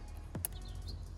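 A steel retaining snap ring is pressed with a tool over the A/C compressor pulley hub on a 7.3 Powerstroke and worked around until it clicks into its groove. A sharp, very short, loud click lands at 0.5 seconds over a steady low hum. The ring is seated in its groove.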